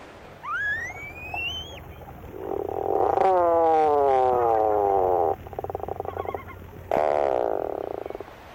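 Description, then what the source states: Tufted puffin groaning calls: low, drawn-out buzzy moans with stacked harmonics, held for a second or two, alongside a brief rising whistle early on and steady background noise. Groan-like call; the species is described as not a first-rate vocalist.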